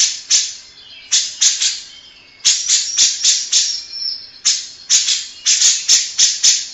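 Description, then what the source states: Grey-cheeked bulbul calling in irregular clusters of harsh, scratchy notes with short silences between groups. Long-duration recording made for training cage birds (masteran).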